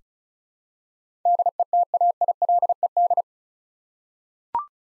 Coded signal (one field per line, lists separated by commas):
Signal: Morse code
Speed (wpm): 36 wpm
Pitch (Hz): 700 Hz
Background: none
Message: DETAILED